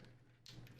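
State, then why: Not seated. A plastic bottom support foot is pressed into the underside of a be quiet! Silent Base 802 White Window PC case. Over a low steady hum there are faint handling taps and a brighter burst of scraping noise from about 0.5 s. Nothing has snapped in: the foot does not give the expected snap, although it already looks in place.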